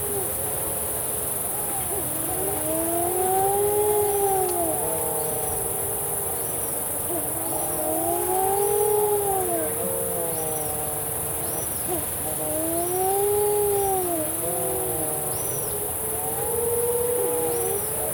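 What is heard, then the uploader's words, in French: Pacific shearwaters (petrels) wail in overlapping rising-and-falling moans every few seconds, over a constant high insect hiss and faint repeated chirps. La nuit vient de tomber sur l'îlot Maître au large de Nouméa en Nouvelle-Calédonie. Mais quel est ce son étrange qui s'échappe des pontons de l'hôtel Hilton ? Non, ce sont les Petrels, appelés aussi Puffins du Pacifique, qui entonnent leur chant de séduction pendant la saison de la reproduction (entre les mois d'octobre et de juin).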